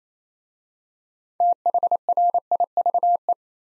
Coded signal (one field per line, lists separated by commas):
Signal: Morse code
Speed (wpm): 29 wpm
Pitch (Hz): 700 Hz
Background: none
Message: THRIVE